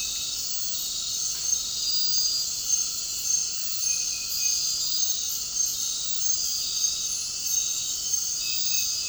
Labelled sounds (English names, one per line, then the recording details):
none
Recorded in dense forest near Puerto Asís, Putumayo, Colombia, on 8 March 2025 at 21:00
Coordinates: 0.467, -76.328
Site G041